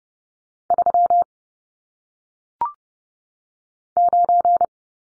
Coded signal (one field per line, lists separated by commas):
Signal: Morse code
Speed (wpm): 30 wpm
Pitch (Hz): 700 Hz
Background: none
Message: 3 9